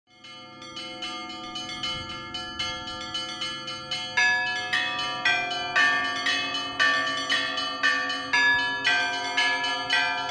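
Christmas bell ringing: a rapid, regular sequence of bell strikes, each with a bright ringing tone that overlaps the next. The peals start softer and grow louder after about four seconds, continuing at a steady pace with a low hum beneath.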